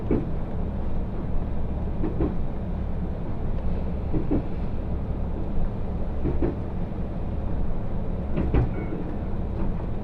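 Riding the Ai Yoshinogawa trolley train on the Tokushima Line, a steady, dense low rumble with rhythmic wheel clacks roughly every two seconds.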